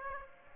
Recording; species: mosquito wingbeat signal from an infrared sensor; Aedes aegypti